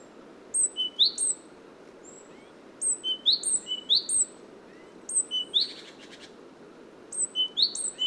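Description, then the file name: Great tit calls: several bursts of high, sharp, down-slurred notes, with a short buzzy rattle near the middle. "Parus major"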